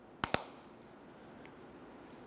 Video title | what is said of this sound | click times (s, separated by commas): How to Replace Keyless Entry Remote Case 2001-2005 Ford Explorer Sport Trac XLT | squeeze it together and listen for a click | 0.2 s, 0.3 s